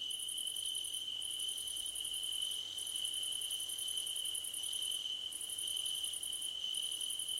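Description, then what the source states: Cricket chirps in long, fast-pulsed high trains broken by short silences, backed by an even, continuous high insect tone. Crickets at night under a starlit sky; nighttime ambience.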